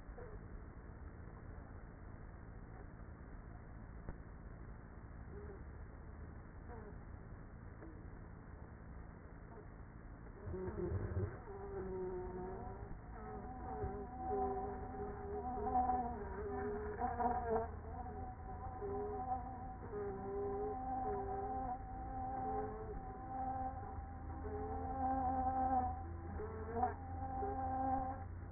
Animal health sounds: honeybee colony, microphone inside the hive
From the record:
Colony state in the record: queenless with a low population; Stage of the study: after two queens were removed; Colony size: about 30,000 bees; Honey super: no

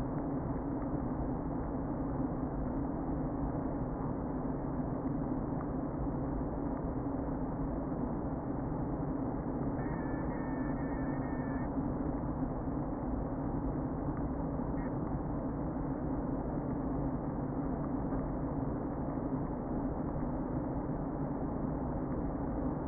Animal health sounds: honeybee colony, microphone inside the hive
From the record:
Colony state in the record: queen present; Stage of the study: before two queens were removed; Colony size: about 60,000 bees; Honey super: yes

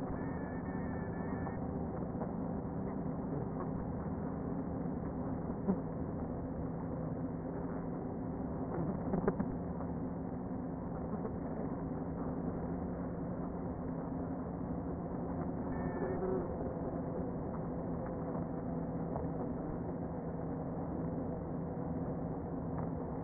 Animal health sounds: honeybee colony, microphone inside the hive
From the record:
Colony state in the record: queen present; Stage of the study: before two queens were removed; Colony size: about 60,000 bees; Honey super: yes

